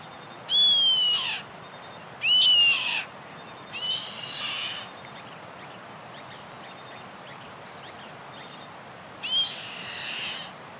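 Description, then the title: Bird song in four bursts of high, clear whistled notes that slide downward with buzzy overtones, the last two softer, over steady background hiss and a faint constant tone. "LuckyPassaro Completos2Sama"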